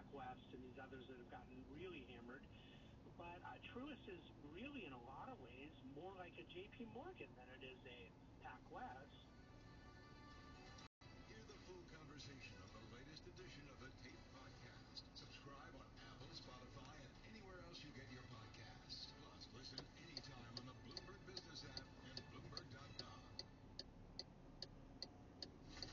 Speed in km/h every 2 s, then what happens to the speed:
8, 4, 0, 0, 0, 0, 0, 0, 0, 0, 0, 0, 0.
0-4 slows to 0. 4-26 standing.